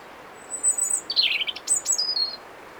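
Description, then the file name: European robin singing a short phrase of high, thin whistles and a tumbling, warbled middle section, ending in drawn-out pure notes, over faint steady background hiss. "Erithacus rubecula"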